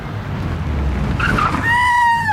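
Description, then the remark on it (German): A low, steady car rumble gives way to a loud, high-pitched screech of tires skidding, the squeal holding for nearly a second as the car brakes hard to a sudden stop at the corner of Regent Street and Oxford Street, fairly late, in pouring rain, when a woman steps in front of it. “Sie sind mir direkt vor den Wagen gelaufen.”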